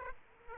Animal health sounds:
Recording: mosquito wingbeat signal from an infrared sensor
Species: Aedes aegypti

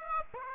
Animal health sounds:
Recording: mosquito wingbeat signal from an infrared sensor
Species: Aedes aegypti

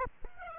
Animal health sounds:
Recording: mosquito wingbeat signal from an infrared sensor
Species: Aedes aegypti

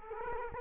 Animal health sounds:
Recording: mosquito wingbeat signal from an infrared sensor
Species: Culex quinquefasciatus

